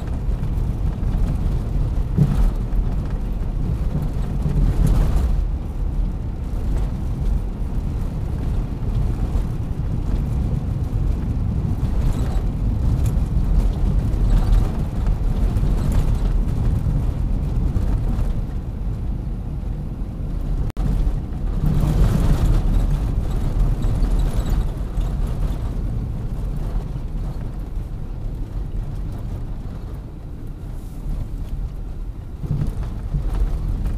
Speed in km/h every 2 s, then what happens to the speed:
71, 71, 71, 72, 74, 75, 76, 75, 73, 70, 68, 64, 59, 55, 47, 38, 35.
0-17 steady at about 73. 17-34 slows to 35.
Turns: none.